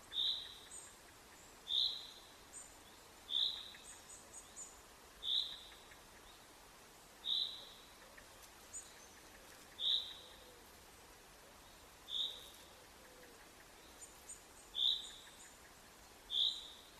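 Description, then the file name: Common chaffinch calls: short, sharp high notes repeated every couple of seconds, steady and insistent, over a faint background hiss. "Fringilla coelebs"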